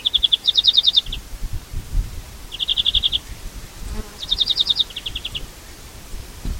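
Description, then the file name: European greenfinch giving fast ringing trills in three bursts, some notes stacked in quick twittering runs. "Chloris chloris"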